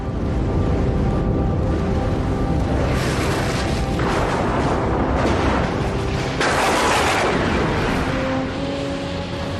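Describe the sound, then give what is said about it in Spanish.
Deep, continuous rumbling of thunder rolls on without a break, heavy low booms swelling and fading beneath a steady wash of rain-like hiss. A thunderstorm at nightfall, after 12 hours of sun in which hot, humid air releases enormous amounts of energy. “Al caer la noche, el tiempo se torna tormentoso.”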